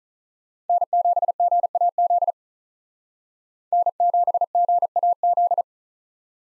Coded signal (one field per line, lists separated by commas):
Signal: Morse code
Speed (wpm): 47 wpm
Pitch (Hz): 700 Hz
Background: none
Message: N7GAZ N7GAZ